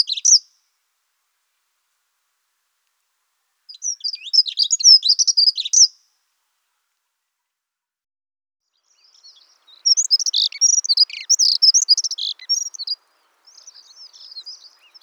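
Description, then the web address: Dunnock giving several brisk, high-pitched twittering song phrases with silent pauses between them, the last phrase softer than the rest. "birdify. prunella modularis"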